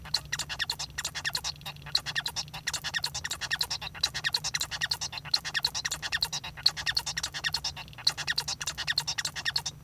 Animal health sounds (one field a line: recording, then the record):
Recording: song of a male Bengalese finch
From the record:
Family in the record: son of father 1